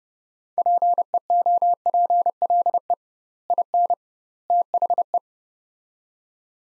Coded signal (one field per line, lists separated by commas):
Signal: Morse code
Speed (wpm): 31 wpm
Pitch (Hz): 700 Hz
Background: none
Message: PEOPLE IN THE